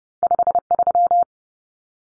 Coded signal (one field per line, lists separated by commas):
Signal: Morse code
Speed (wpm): 30 wpm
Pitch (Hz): 700 Hz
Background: none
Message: 53